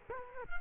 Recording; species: mosquito wingbeat signal from an infrared sensor; Culex quinquefasciatus